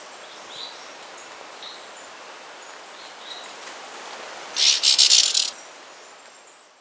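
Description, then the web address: White-sided flowerpiercer delivering one high, fast stuttering trill of under a second amid a quiet background with faint chirps. Recorded in Ecuador. "Natures Songs S America Birds of Ecuador. White-Sided Flowerpiercer"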